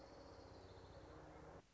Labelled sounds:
Orange-crowned Warbler (Leiothlypis celata)
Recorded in Sonoma County, California

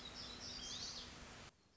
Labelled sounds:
Black-throated Gray Warbler (Setophaga nigrescens)
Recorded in Sonoma County, California

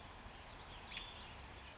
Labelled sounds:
American Robin (Turdus migratorius)
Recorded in Sonoma County, California

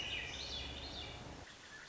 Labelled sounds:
Swainson's Thrush (Catharus ustulatus)
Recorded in Sonoma County, California

